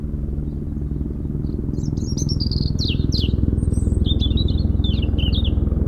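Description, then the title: European robin pouring out a varied, wavering high phrase as a helicopter's loud rhythmic thudding throbs underneath. Singing in a hedge near Lac du Bourget, Brison-Saint-Innocent, France, during a helicopter airlift for cliff works, sound echoing off Mont Corsuet; Zoom H4n Pro recorder placed upright on the ground. "4 Chem. de la Pointe Forestier, Brison-Saint-Innocent, France - Duo rouge-gorge hélicoptère"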